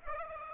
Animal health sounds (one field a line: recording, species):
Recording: mosquito wingbeat signal from an infrared sensor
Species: Aedes aegypti